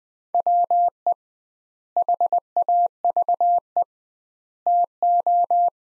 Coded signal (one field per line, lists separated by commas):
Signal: Morse code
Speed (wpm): 20 wpm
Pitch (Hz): 700 Hz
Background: none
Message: WE HAVE TO